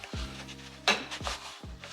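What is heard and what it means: A plastic trim cover is pushed by hand onto a lower seat belt bracket of an EG Civic hatch. A sharp snap is heard at 0.9 s over a steady low tonal background with a few softer knocks. The cover snaps on and is seated.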